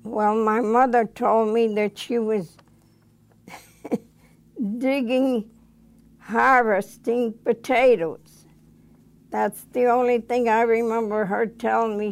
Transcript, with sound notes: Well, my mother told me she was (she laughs) digging, harvesting potatoes. That's the only thing I remember her telling me.